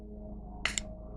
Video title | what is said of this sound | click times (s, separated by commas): GiantMouse GM2.... just MY opinion! | can hear that click that happens when you go to unlock the lock | 0.7 s, 0.8 s